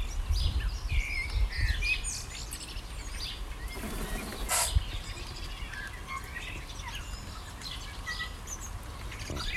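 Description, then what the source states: Chorus of birds with fast chirps and whistled notes overlapping, a short noisy burst midway, and a low rumble throughout. Recorded in the morning.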